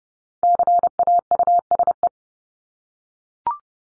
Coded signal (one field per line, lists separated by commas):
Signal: Morse code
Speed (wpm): 30 wpm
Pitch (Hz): 700 Hz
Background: none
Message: CAUSE